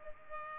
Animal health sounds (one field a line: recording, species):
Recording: mosquito wingbeat signal from an infrared sensor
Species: Culex pipiens